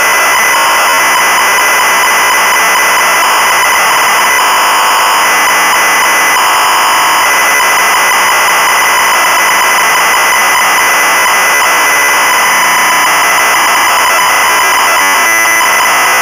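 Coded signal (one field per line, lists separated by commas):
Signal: ZX Spectrum tape loading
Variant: Sinclair ZX Spectrum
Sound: continuous harsh buzzing screech with rough tones near one and two kilohertz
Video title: The Trap Door (1986) - Sinclair ZX Spectrum (Full Tape Rip / Cassette Load)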